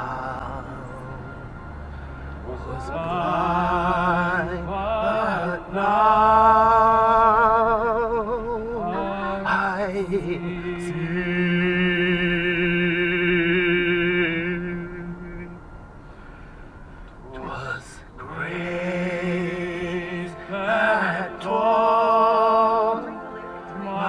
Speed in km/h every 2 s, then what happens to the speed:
53, 53, 54, 53, 51, 49, 50, 45, 35, 26, 14, 6.
0-13 steady at about 53. 13-24 brakes to 6.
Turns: none.